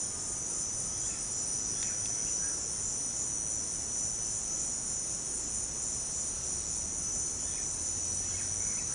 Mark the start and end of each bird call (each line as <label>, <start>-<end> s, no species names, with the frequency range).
bird call (0.9-3.9 kHz), 1.64-2.58 s
bird call (0.5-4.2 kHz), 7.39-8.94 s